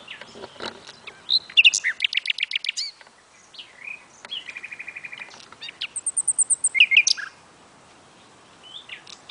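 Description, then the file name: Common nightingale song of many changing phrases: rapid repeated notes, a steady trill, high thin pipings and sweeping whistles, with short gaps between. "Luscinia megarhynchos"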